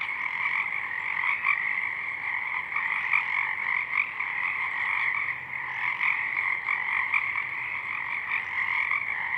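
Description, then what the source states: Pacific chorus frogs calling as a dense, continuous chorus of overlapping raspy croaks, many frogs together with no pauses throughout. Chorus of many frogs at dusk, already out in full bloom; downmixed to stereo from a double mid-side recording; frogs highlighted in a separate parabolic track are heard mainly in the left channel.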